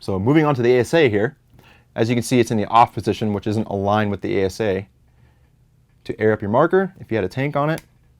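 Someone talks about the ASA (air source adapter) on/off lever of a Bob Long Insight NG paintball marker, which is in the off position and not aligned to air up the marker, with no tank attached. The talk comes in three bursts with quiet gaps between them. The lever has not yet been turned, and nothing has clicked into place yet.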